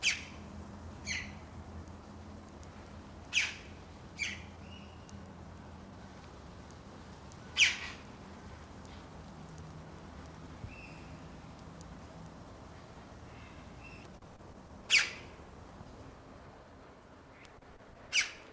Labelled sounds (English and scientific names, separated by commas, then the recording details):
Red-billed Chough (Pyrrhocorax pyrrhocorax)
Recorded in captivity
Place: Zoo Berlin, Berlin, DE
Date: 1991-10-10 17:15
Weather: 19°C
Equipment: Nagra SN, Mikrofon AKG CK 8, Kopie Tesla B 116
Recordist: Tembrock, Günter